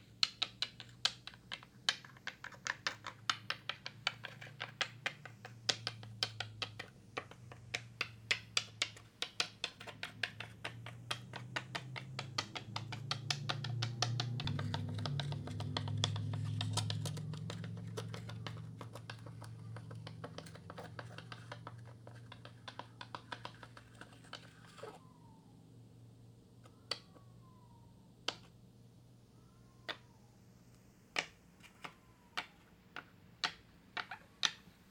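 A fallen tile makes a rapid, irregular run of sharp clicks and taps for about 25 seconds, over a low rumble that swells in the middle and fades. After that the taps thin out to sparse single knocks, with a few short squeaky chirps.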